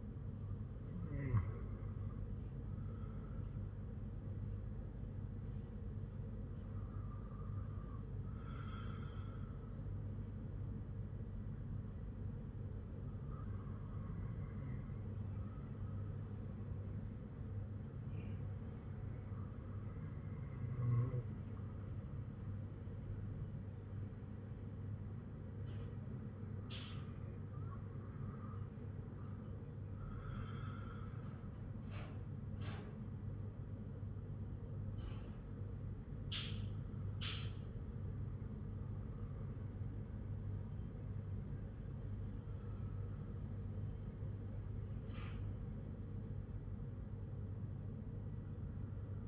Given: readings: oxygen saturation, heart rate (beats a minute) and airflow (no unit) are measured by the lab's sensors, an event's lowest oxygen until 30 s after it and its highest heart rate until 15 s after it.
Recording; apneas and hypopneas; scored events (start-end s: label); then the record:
breathing in sleep by a smartphone at the bedside; none
none scored
From the record:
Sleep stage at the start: N1 (lightest sleep); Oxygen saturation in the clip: 95 to 96%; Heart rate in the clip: 52 to 58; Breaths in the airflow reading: 9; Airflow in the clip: -4.7 to 5.9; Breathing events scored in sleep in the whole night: 182 in 7.4 hours asleep